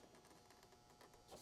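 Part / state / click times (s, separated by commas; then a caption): wiring harness plug into mating connector / not seated / none. The other end of a light harness for Boost Auto Lumastep M1 running boards on a Chevy Silverado or GMC Sierra is handled as it is brought to its mating connector, giving faint rustling and small plastic ticks over low background noise. Nothing has seated or clicked yet.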